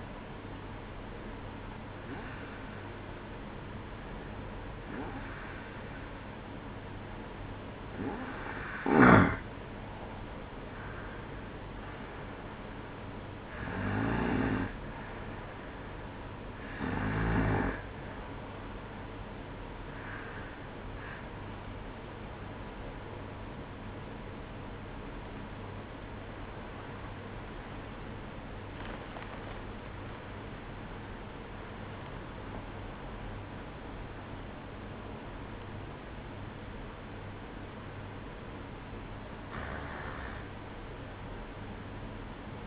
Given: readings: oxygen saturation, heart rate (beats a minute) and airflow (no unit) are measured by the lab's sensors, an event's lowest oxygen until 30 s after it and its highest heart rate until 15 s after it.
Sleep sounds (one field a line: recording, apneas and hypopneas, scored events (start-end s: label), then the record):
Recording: breathing in sleep by a voice recorder at the bedside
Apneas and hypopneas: none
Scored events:
23.00-42.67 s: new sleep stage, N1 (lightest sleep)
From the record:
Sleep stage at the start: N2 (light sleep)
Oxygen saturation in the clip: 91 to 96%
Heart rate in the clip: 60 to 67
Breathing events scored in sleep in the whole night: 305 in 9.6 hours asleep